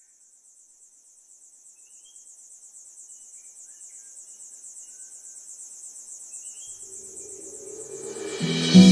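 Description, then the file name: Cicada call: a high, rapidly pulsing buzz that slowly swells in loudness, then gives way to a burst of broad noise and low rumbling at the very end. "bindu cicada"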